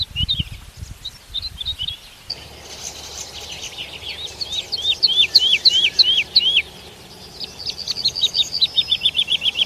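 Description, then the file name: Lark song of sharp, high, slurred notes in quick repeated series, after a few low thumps at the start. "Bird Lark Sound"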